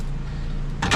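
A finger is placed in the middle of the plastic lens cover on a 12 V RV ceiling light fixture and pulls, over a steady low hum. The lens pops off with a single sharp snap at 0.8 s, releasing it from the fixture.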